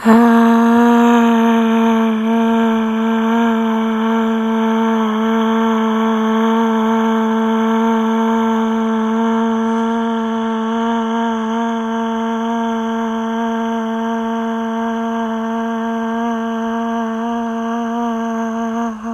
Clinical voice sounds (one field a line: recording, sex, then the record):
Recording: sustained vowel /a/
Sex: female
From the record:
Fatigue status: no fatigue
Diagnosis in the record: COVID-19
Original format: m4a